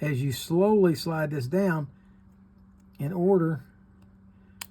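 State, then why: Seated. A replacement spring drag clicker is pulled inward and slowly slid down into a Johnson Sabra 545 spincast fishing reel housing, rather than forced, so it does not break. Someone talks at the start and again around 3 seconds, then a quiet stretch follows. A sharp, small metallic tick at 4.6 s marks the clicker going down into place.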